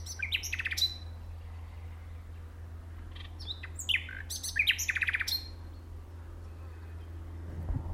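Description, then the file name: Common nightingale song: bursts of sharp, rapidly repeated notes and quick whistled slurs in separate phrases, with pauses between them, over a steady low hum. "Luscinia megarhynchos"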